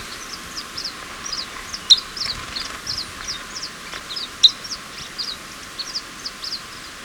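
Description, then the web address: Glossy flowerpiercer calls: thin, high chips given irregularly, several each second, over a steady hiss with a couple of sharp ticks. In Ecuador. "Natures Songs S America Birds of Ecuador. Glossy Flowerpiercer"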